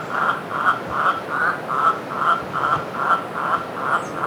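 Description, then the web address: Andean guan giving a steady series of short, hoarse honking notes, about two or three each second, over a hissing, noisy background. Ecuador. "Birds of Ecuador. Andean Guan"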